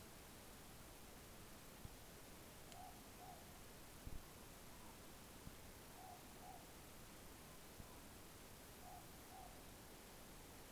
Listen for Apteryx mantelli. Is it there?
no